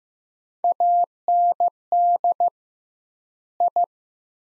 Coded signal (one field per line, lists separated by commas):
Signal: Morse code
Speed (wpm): 15 wpm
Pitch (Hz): 700 Hz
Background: none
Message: AND I